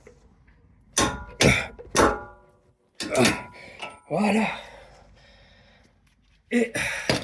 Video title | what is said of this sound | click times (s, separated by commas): Roulements Abarth 595 | On va caler jusqu'à ça claque. | 1.0 s